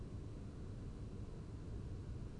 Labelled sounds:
none
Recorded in Germany
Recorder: ecoPi

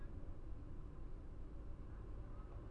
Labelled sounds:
none
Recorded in Germany
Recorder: ecoPi

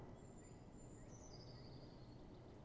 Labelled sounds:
Eurasian Blue Tit (Cyanistes caeruleus)
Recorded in Germany
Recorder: ecoPi

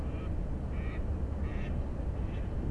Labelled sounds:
Mallard (Anas platyrhynchos)
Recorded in Germany
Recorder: ecoPi

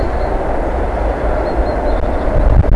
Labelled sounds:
Great Tit (Parus major)
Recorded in Germany
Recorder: ecoPi

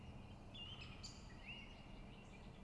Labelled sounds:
Great Spotted Woodpecker (Dendrocopos major)
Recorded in Germany
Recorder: ecoPi

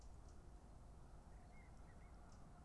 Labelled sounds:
Common Blackbird (Turdus merula)
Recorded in Germany
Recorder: ecoPi

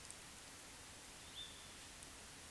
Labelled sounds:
Tawny Owl (Strix aluco)
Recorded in Germany
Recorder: ecoPi

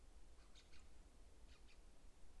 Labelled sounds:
Song Thrush (Turdus philomelos)
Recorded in Germany
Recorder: ecoPi

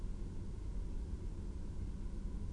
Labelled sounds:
none
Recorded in Germany
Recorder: ecoPi

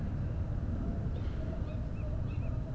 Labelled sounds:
Tawny Owl (Strix aluco)
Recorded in Germany
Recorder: ecoPi

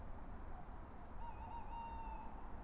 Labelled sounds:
Tawny Owl (Strix aluco)
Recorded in Germany
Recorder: ecoPi

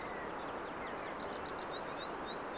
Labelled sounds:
Common Chaffinch (Fringilla coelebs)
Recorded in Germany
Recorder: ecoPi

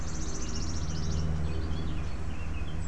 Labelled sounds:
Eurasian Blackcap (Sylvia atricapilla)
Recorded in Germany
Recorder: ecoPi

